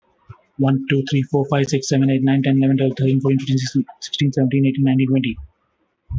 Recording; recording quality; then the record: counting at a fast pace; moderate, slight background noise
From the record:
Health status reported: healthy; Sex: male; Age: 59 years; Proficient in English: yes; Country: India